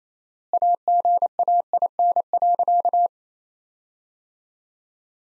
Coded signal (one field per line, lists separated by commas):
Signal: Morse code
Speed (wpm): 28 wpm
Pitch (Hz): 700 Hz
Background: none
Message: AGAIN.